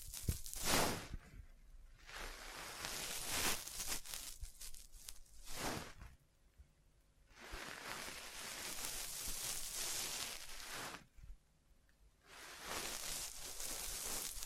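Bursts of dry scratching and tracing sweep across a surface in long strokes, with sharp taps near the start and short quiet gaps between passes.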